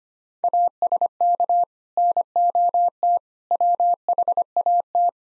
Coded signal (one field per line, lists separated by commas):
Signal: Morse code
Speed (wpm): 25 wpm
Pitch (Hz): 700 Hz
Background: none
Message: ASK NOT WHAT